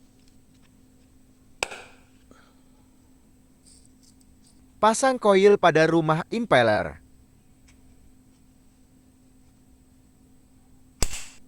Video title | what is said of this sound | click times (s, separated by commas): Cara Pasang Bagian Mesin Cuci Front Loading Samsung Eco Bubble | Pasang impeller ke dalam rumah impeller. Tekan agak kuat sampai bunyi klik. | 1.6 s